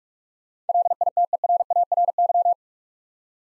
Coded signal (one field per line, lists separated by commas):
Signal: Morse code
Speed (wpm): 46 wpm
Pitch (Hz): 700 Hz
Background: none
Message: LITERARY